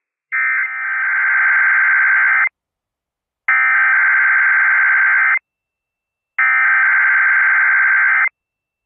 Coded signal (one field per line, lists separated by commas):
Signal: Emergency Alert System (SAME) tones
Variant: header bursts